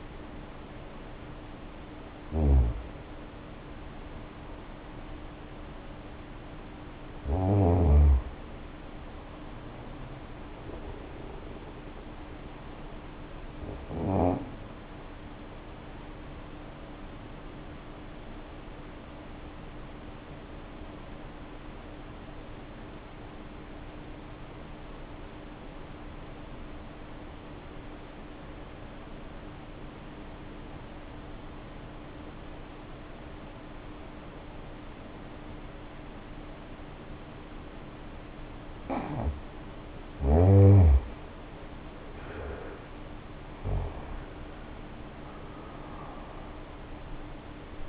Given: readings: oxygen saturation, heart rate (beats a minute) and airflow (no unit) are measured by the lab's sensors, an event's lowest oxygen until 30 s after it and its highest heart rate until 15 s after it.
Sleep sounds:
breathing in sleep by a voice recorder at the bedside; 1
24.00-40.00 s: obstructive apnea (N1, oxygen 93% highest, then 76% lowest, heart rate 51 at the start, 76 highest)
From the record:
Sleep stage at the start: N1 (lightest sleep); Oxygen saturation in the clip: 71 to 93%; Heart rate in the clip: 51 to 78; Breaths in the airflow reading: 12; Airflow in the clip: -0.6 to 0.8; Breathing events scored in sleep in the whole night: 520 in 7.2 hours asleep

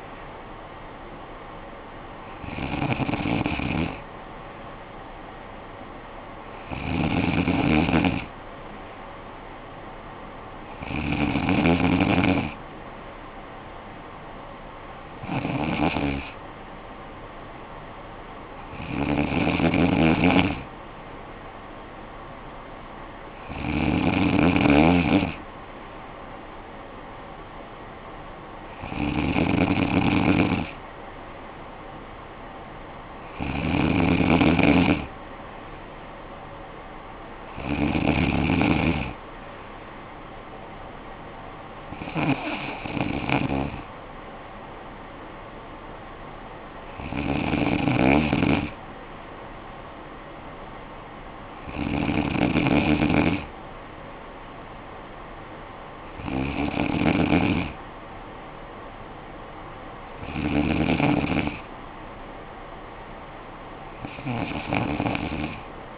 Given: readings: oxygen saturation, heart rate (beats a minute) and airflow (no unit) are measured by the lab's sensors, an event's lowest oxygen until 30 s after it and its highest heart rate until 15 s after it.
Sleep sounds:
breathing in sleep by a voice recorder at the bedside; none
none scored
From the record:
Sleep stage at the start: N3 (deep sleep); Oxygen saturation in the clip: 95 to 96%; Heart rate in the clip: 52 to 58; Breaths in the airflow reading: 15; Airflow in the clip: -9.8 to 7.0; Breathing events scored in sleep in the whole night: 445 in 7.6 hours asleep

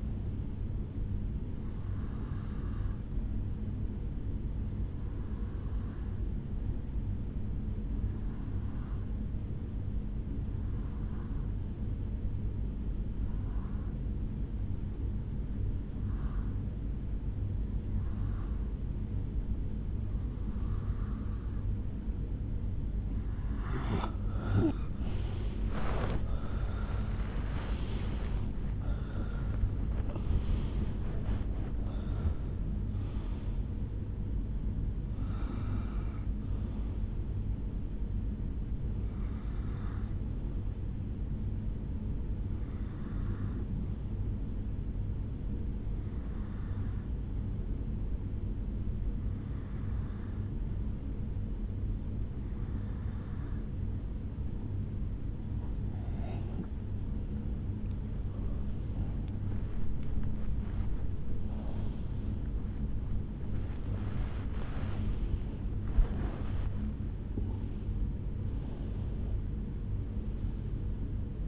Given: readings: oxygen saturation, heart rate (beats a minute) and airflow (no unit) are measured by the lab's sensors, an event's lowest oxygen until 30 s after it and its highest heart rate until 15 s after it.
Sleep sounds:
breathing in sleep by a smartphone at the bedside; 2
7.00-25.80 s: hypopnea (REM, oxygen 85% highest, then 81% lowest, heart rate 74 at the start, 83 highest)
33.00-63.00 s: new sleep stage, N1 (lightest sleep)
45.00-58.50 s: hypopnea (N1, oxygen 97% highest, then 93% lowest, heart rate 70 at the start, 83 highest)
63.00-71.48 s: new sleep stage, awake
67.00-71.48 s: awake
From the record:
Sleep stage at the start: REM sleep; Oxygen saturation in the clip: 81 to 97%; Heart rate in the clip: 70 to 83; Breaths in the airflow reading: 20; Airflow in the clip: -13.7 to 12.7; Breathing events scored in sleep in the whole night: 449 in 7.0 hours asleep

